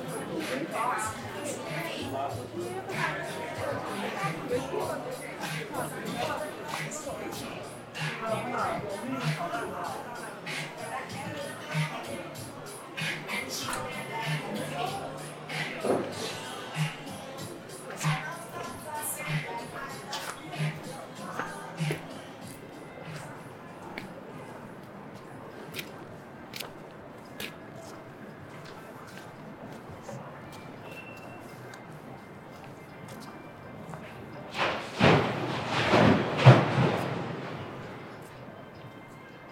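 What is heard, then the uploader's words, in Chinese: An Apple store in Sanlitun, Beijing, at eight in the evening: a steady murmur of many overlapping voices with scattered clicks and taps. The chatter thins after about twenty-five seconds, then a loud burst of rustling and voices rises briefly around thirty-five seconds. 晚上八点的Apple店｜城市声音。北京三里屯。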